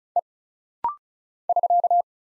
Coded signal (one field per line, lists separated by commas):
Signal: Morse code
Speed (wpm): 36 wpm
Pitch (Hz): 700 Hz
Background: none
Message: E <SK>